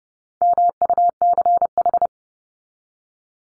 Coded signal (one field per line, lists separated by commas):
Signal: Morse code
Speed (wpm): 30 wpm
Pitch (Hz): 700 Hz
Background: none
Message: MUCH